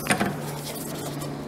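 A second A/C manifold gauge quick coupler is handled at the A/C service port over the Schrader valve on a Hyundai Accent during a leaking condenser replacement. Brief light clinks come near 0.1 and 0.2 seconds, followed by a steady low hum. Nothing has seated or clicked yet.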